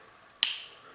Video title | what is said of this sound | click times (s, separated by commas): Which Knife Is Better? The Original Or The BATTLBOX Version... (Atroposknife Fortel Fisherman) | So when I go to lock it, there's a very distinctive audible, and you can feel it click. | 0.4 s